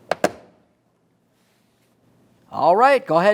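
A plastic courtesy light lens housing on a 2004-2015 Nissan Titan snaps into the door trim panel opening as its top is rolled in, the bottom already in place. Two loud, sharp snaps come at 0.1 and 0.2 seconds, and the lens seats. After a quiet stretch, someone talks.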